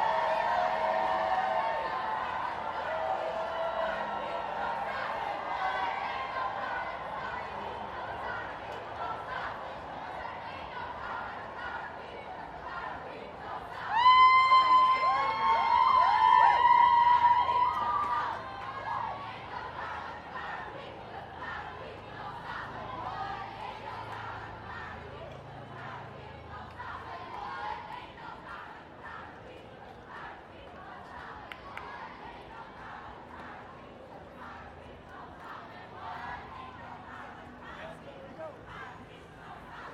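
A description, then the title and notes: A women's march: a dense crowd of many voices talking and calling out at once, heard from within the gathering. Around fourteen to eighteen seconds a single voice rises loudly above the rest with a sustained shout, after which the crowd chatter continues more softly. WOMXNS MARCH_raw_09 by Andy "soundeziner" Martin.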